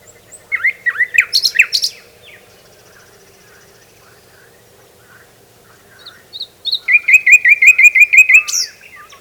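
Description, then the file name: Common nightingale song: varied sweeping notes and a short rattle, a long pause, then a fast even series of repeated chipping notes with higher trills. "Luscinia megarhynchos"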